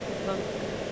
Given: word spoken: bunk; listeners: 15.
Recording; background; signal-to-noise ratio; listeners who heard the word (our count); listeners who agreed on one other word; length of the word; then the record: one English word in noise, from a listening test; speech-shaped noise; -4.1 dB; 1 of 15; 13 of 15; 0.52 s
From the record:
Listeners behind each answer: 13, 1, 1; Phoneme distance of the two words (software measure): 10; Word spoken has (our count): 1 syllable, 4 phonemes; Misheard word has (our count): 1 syllable, 4 phonemes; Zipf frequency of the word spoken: 3.45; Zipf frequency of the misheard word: 3.63